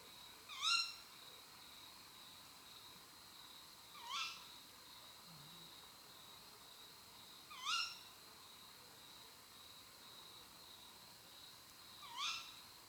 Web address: canti rapaci notturni canto verso femmina allocco strix aluco tawny owl waldkauz carabo comun chouette hulotte